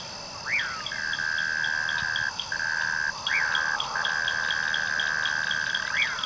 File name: Unknown Cricket VOL 11-09 Dudley T Dougherty Natural Sounds Collection